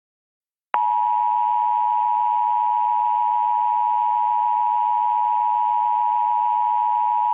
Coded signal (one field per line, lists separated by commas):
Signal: Emergency Alert System (SAME) tones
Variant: 853 and 960 Hz attention tone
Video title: EAS Simulación - EAS mock: porque dice comcast si es DIRECTV? - why sender is comcast, its DIRECTV.